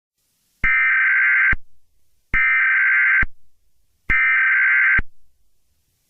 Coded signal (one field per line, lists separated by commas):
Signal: Emergency Alert System (SAME) tones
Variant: header bursts